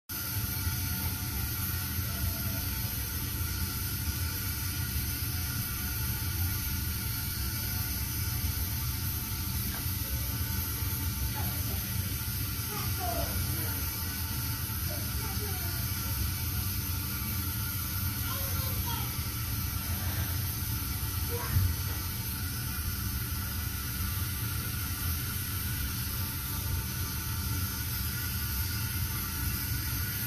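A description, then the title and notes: White noise fills the recording with a dense, unchanging hiss that stays level from start to finish, with a strong low rumble underneath. Faint, brief murmurs like voices surface around the middle, and a small click stands out near twenty-one seconds. White noise is being played in this video.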